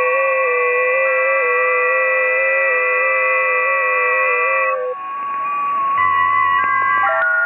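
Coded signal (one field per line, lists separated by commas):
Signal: FT8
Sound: several overlapping steady warbling tones at different pitches, changing after five seconds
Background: radio static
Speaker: I tuned to 10 meters FT8. Here are the results. They are mainly amateurs from Europe. I also see a few stations from Brazil.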